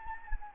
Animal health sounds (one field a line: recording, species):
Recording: mosquito wingbeat signal from an infrared sensor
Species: Anopheles gambiae